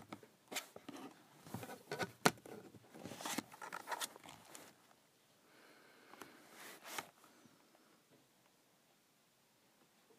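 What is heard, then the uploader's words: A plastic calculator cover slides and scrapes in short bursts with a sharp click near two seconds, then softer rubbing that fades into quiet. Sliding my Calculator Cover.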